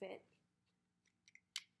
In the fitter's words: close that all the way when it does actually lock around something this handle snaps into place and it's